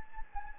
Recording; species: mosquito wingbeat signal from an infrared sensor; Anopheles gambiae